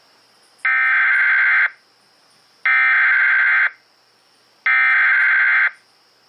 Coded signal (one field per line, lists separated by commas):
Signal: Emergency Alert System (SAME) tones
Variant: header bursts